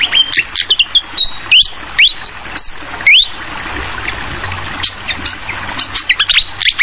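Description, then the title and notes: Fantail song of clear whistled notes, some sliding upward, others level, in a quick irregular series over steady trickling water. Masteran (song tutoring for songbirds) recording, clear voice mixed with the sound of trickling water; local names sikatan kipas, sikatan londo. "Masteran Sikatan Kipas Suara Jernih Dan Suara Gemericik Air. Suara Burung Sikatan Londo"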